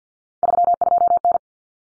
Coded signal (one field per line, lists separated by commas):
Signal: Morse code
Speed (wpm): 50 wpm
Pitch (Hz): 700 Hz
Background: none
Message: 32N